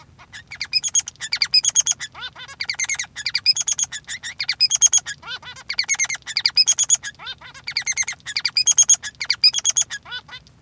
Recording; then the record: song of a male Bengalese finch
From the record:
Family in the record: son of father 3